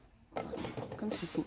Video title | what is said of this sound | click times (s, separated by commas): ARRIVAGE D'ACTION DU 22 DÉCEMBRE 2020 | le petit couvercle qui se clipse voilà, sur les côtés, | 0.4 s